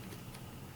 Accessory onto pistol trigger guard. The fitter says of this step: You just can't push it back quite enough to get it to lock into place.